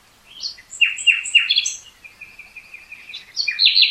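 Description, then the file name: Common nightingale song: three quick descending slurred notes, high thin whistles, a long even run of repeated mid-pitched notes, then a rich warbled phrase. "Luscinia megarhynchos"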